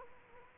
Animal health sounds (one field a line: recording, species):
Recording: mosquito wingbeat signal from an infrared sensor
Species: Culex quinquefasciatus